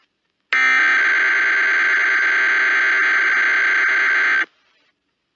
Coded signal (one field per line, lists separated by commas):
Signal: Emergency Alert System (SAME) tones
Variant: header bursts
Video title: (*REUPLOADED*) EAS Mock 1: Mushroom Kingdom Required Monthly Test RMT